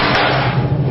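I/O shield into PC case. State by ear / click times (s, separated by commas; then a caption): not seated / none. A metal I/O back panel (I/O shield) is lined up with the PC case opening and pressed in by hand. A continuous, dense, broadband handling noise with low thumps fills the clip. Nothing has seated or clicked yet.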